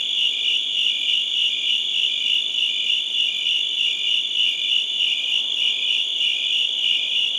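Crickets in a loud continuous chorus, a high trill with a quick throbbing pulse.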